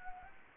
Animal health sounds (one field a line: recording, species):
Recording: mosquito wingbeat signal from an infrared sensor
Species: Anopheles gambiae